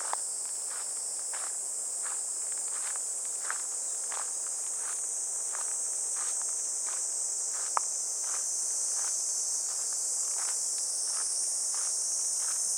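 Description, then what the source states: Cicada drone, a steady, high, unbroken shrill buzz throughout, with regular footsteps crunching along beneath it. Recorded while walking a riverbank embankment path on a fresh, clear morning toward a weir; cicada voices gradually give way to the sound of water falling over the weir.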